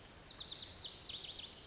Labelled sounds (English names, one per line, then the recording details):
Lazuli Bunting
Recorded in Sonoma County, California